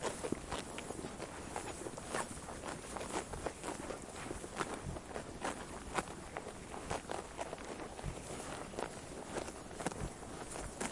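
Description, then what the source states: Sheep chewing, continuous crackly crunches and sharp tearing snaps repeating through the whole stretch, with a faint rustling bed. Sheep chewing while eating grass.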